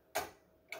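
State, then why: Seated. The tens-place rider weight on the back beam of a triple beam balance is slid down into the 10 g groove. A sharp, bright sound rises at about 0.15 s and fades out over roughly a quarter second, then the rider clicks into the 10 g notch at 0.7 s, seating in place.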